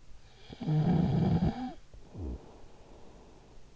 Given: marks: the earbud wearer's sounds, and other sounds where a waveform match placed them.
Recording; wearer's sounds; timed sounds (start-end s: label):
sounds in sleep by an in-ear microphone; snoring breath
0.14-3.62 s: snoring breath